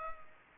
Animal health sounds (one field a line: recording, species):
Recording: mosquito wingbeat signal from an infrared sensor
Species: Culex pipiens